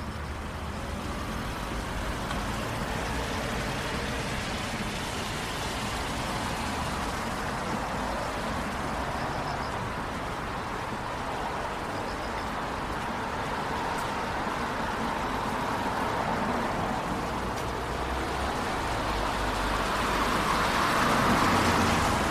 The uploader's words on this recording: Going For A Walk Downtown on A Rainy Night.